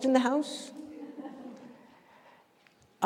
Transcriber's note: laughter